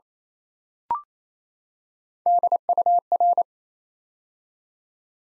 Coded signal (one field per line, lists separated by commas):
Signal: Morse code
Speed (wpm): 29 wpm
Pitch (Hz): 700 Hz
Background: none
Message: DUR